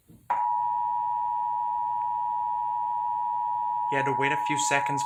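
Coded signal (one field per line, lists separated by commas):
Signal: Emergency Alert System (SAME) tones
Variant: 853 and 960 Hz attention tone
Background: speech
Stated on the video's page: Failed required monthly test alert received through a Comcast cable system.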